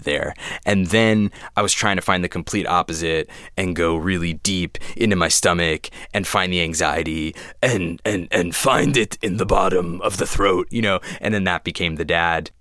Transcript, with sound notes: And then I was trying to find the complete opposite and go really deep into my stomach and find the anxiety (impersonating Hussein Hussein) and find it in the bottom of the throat. You know? And then that became the dad.